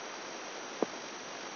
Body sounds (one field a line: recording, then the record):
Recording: brain microelectrode recording played as sound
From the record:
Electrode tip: outside the subthalamic nucleus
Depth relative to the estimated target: 3 mm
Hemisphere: left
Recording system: AlphaMap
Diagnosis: Parkinson's disease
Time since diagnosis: 10 years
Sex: male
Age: 58 years